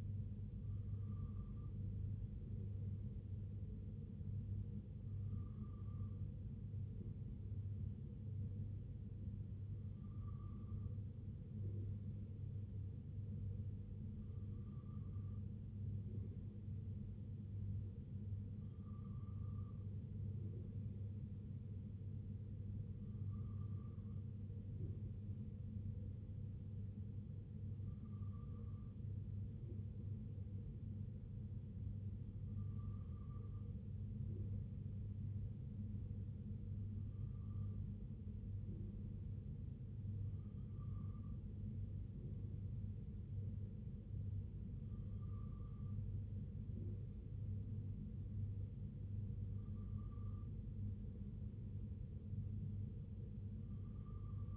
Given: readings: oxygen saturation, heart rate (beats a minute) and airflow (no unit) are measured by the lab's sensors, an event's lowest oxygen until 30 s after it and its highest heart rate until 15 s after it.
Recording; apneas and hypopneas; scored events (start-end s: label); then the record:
breathing in sleep by a smartphone at the bedside; none
48.00-54.57 s: new sleep stage, N2 (light sleep)
From the record:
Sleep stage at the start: N3 (deep sleep); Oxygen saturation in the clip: 94 to 95%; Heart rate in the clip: 61 to 65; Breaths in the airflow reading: 12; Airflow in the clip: -2.7 to 1.9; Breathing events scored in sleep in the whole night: 258 in 7.4 hours asleep